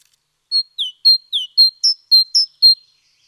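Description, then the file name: Great tit producing a neat run of nine high, piercing notes, the second and fourth sliding downward, evenly paced over two seconds. "Parus major"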